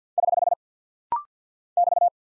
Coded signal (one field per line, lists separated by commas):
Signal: Morse code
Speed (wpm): 48 wpm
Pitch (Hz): 700 Hz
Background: none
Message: <HH> <BT>